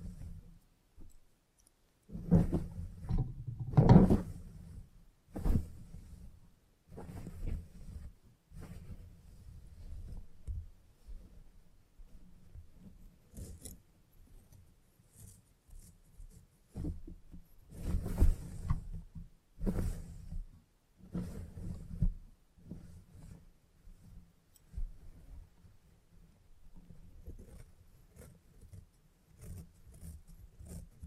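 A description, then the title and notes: A salon haircut with head massage: soft rubbing and low thumps, scattered crisp snips and brief rustles, loudest bursts around four and eighteen seconds. Salon Haircut Head Massage, Scissors and Clipper.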